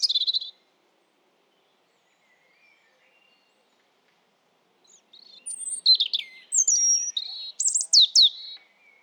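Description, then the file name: European robin with a short high note, a long pause, then a rich sequence of sweet, high warbles and thin whistles in quick succession. "Erithacus rubecula"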